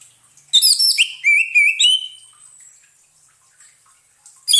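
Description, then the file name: Orange-headed thrush song: a short burst of bright whistles leading into a wavering, repeated warble, then a thin fading whistle. Therapy sound for an orange-headed thrush (anis merah) that has stopped singing (macet bunyi). "terapi suara anis merah macet bunyi"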